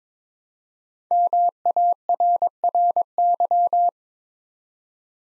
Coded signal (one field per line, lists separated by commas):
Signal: Morse code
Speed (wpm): 22 wpm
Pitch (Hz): 700 Hz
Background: none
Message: MARRY